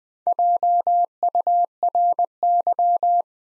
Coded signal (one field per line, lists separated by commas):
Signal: Morse code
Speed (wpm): 20 wpm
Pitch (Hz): 700 Hz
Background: none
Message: JURY